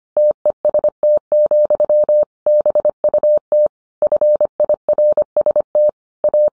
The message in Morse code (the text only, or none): TEST, BUT FIRST A